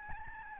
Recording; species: mosquito wingbeat signal from an infrared sensor; Aedes albopictus